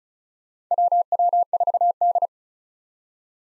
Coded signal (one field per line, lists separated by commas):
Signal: Morse code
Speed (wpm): 36 wpm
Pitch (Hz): 700 Hz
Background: none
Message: WW4D